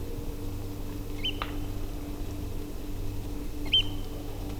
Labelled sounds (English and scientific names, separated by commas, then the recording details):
Eurasian Oystercatcher (Haematopus ostralegus)
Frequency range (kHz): Eurasian Oystercatcher (Haematopus ostralegus) 1.8-6.4 kHz
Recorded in France